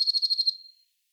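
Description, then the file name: Eurasian blue tit giving a brief rapid buzzy churr of six or seven pulses that trails away. "Cyanistes caeruleus"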